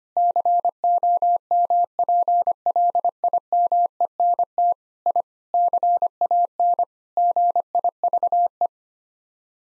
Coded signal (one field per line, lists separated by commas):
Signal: Morse code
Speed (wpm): 25 wpm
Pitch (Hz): 700 Hz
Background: none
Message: COMPLIMENT I CAN GIVE